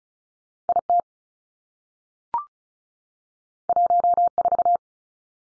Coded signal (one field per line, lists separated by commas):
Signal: Morse code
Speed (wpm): 36 wpm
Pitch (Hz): 700 Hz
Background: none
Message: I T 1 4